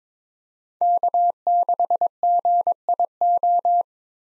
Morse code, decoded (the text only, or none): K6GIO